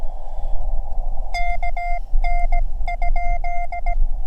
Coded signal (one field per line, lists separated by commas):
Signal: Morse code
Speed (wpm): 18 wpm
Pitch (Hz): 690 Hz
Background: none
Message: KN?